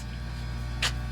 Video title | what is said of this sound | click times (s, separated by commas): Knife making - Forming & Shaping Kydex Sheaths | will loosen this up a little bit but look how much easier it's still got that nice click and | 0.8 s